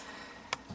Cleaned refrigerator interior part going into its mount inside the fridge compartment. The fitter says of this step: it and then you will hear it lock and